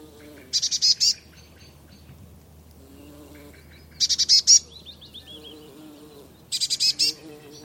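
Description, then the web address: Eurasian blue tit uttering three harsh churring bursts of clipped buzzy notes a few seconds apart, with a few soft chirps between and a low background hum. "Deverinetal 2025 File origin Bird Only Cy Ca"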